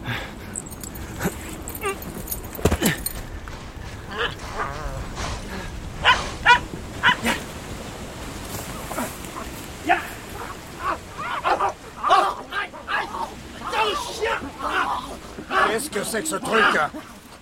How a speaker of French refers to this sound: Et voilà. Un gentil chien. Et un petit chien.